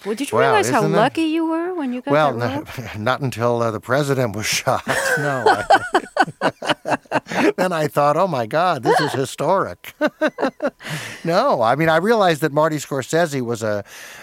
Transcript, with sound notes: Did you realize how lucky you were when you got that role?
Well, not until the president was shot, no.
(LAUGHTER)
Then I thought, oh, my God, this is historic (laughter). No, I mean, I realized that Marty Scorsese was,